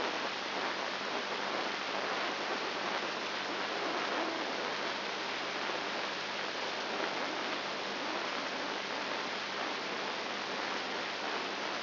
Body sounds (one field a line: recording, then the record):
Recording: brain microelectrode recording played as sound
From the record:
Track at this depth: inside the subthalamic nucleus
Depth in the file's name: 2.104 mm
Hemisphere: left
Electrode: 3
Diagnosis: Parkinson's disease